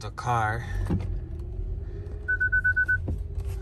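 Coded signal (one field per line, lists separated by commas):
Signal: none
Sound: car door warning chime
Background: speech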